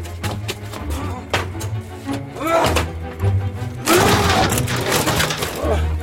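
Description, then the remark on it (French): A door is forced open by soldiers: a run of heavy thuds and knocks, then a loud splintering crash with clattering and scraping noise that fades into rumbling. “C'est ici. Enfoncez la porte.”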